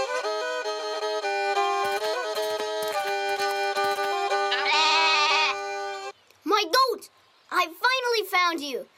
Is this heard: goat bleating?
yes